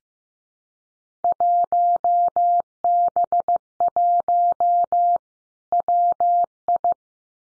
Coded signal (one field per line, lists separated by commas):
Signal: Morse code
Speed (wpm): 15 wpm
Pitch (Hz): 700 Hz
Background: none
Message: 1B1 WI